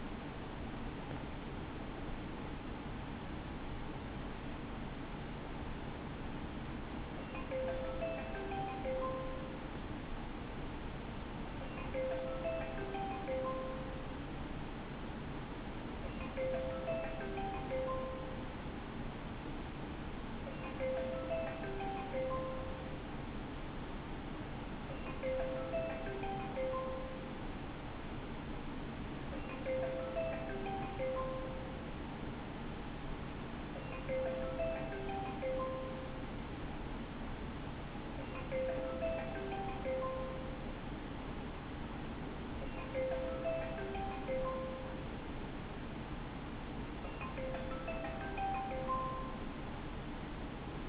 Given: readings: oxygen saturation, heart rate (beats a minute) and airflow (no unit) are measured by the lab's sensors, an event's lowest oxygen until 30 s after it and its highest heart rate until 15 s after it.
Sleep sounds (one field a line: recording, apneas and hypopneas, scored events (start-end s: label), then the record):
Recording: a person awake in a sleep study, by a voice recorder at the bedside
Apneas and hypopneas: none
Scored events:
0.00-50.89 s: awake
From the record:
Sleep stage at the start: awake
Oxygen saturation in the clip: 94 to 95%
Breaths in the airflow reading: 18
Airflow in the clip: -5.0 to 6.3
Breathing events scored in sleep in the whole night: 216 in 7.0 hours asleep